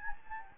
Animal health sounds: mosquito wingbeat signal from an infrared sensor; Anopheles gambiae

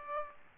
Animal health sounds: mosquito wingbeat signal from an infrared sensor; Aedes aegypti

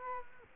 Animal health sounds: mosquito wingbeat signal from an infrared sensor; Culex quinquefasciatus

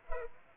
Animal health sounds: mosquito wingbeat signal from an infrared sensor; Culex pipiens

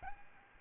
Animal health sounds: mosquito wingbeat signal from an infrared sensor; Aedes albopictus

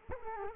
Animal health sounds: mosquito wingbeat signal from an infrared sensor; Culex quinquefasciatus

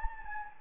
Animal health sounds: mosquito wingbeat signal from an infrared sensor; Anopheles gambiae

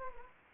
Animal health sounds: mosquito wingbeat signal from an infrared sensor; Anopheles arabiensis

